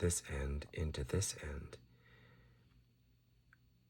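Someone talks while lining up the end of an ink cartridge with the fountain pen grip section before pushing it in. After the speech, there is near-silence with one faint, brief tick at about 3.5 s. The cartridge has not been inserted, and nothing has seated or clicked yet.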